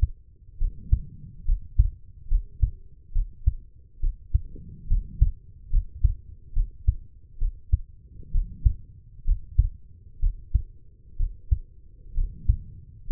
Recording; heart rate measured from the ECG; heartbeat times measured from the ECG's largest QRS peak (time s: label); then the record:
heart sounds by stethoscope; 67 bpm
0.58 s: heartbeat
1.45 s: heartbeat
2.28 s: heartbeat
3.12 s: heartbeat
4.00 s: heartbeat
4.87 s: heartbeat
5.70 s: heartbeat
6.53 s: heartbeat
7.38 s: heartbeat
8.31 s: heartbeat
9.24 s: heartbeat
10.19 s: heartbeat
11.16 s: heartbeat
12.14 s: heartbeat
13.07 s: heartbeat
From the record:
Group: healthy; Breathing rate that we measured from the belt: 16 breaths a minute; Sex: female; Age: 23 years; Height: 160 cm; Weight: 50.4 kg